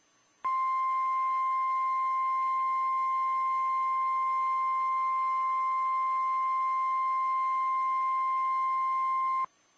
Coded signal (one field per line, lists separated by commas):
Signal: Emergency Alert System (SAME) tones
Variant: 1050 Hz attention tone